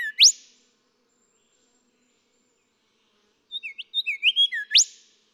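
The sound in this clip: Golden whistler singing: one loud rising whip note, a few seconds of quiet, then a phrase of whistled notes ending in another sharp upslur.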